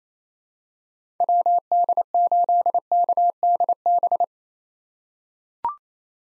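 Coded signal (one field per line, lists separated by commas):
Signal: Morse code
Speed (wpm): 27 wpm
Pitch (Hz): 700 Hz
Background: none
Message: WD8KDB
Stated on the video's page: Morse practice drill of common SOTA chaser call signs at 28 wpm; each call sent twice for head-copy.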